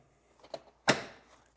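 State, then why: Seated. A wooden dowel carrying a roll of paper towels is pushed into the stop slots at each end of a wooden cubby on a shop-built, wall-mounted cleanup cabinet. A small sharp click at 0.5 s is followed by a louder snap at 0.9 s with a short decaying rattle. The dowel seats in its slots.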